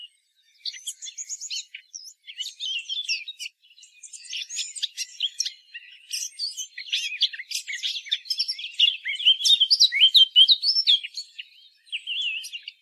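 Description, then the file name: Eurasian blackcap song, a long hurried warble of clicks, chirps and squeaky notes that gradually grows louder, with a short gap near four seconds. "Sylvia atricapilla"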